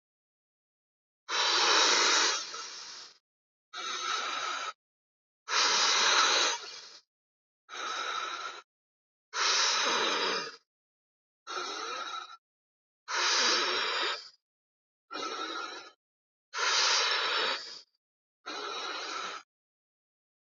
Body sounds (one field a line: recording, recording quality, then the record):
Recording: deep breathing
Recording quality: excellent, no background noise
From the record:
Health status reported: exposed to COVID-19, no respiratory illness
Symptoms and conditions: none ticked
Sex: male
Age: 50 years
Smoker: not ticked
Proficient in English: yes